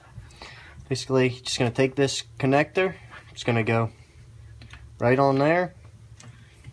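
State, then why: Seated. Someone talks while pushing the power cable connector onto a Lowrance Elite 7 Chirp fish finder, fitted on its sail post mount on a Hobie Pro Angler 14 kayak, to power it up. A short tick is heard at 6.2 s as the connector clicks into place and is seated.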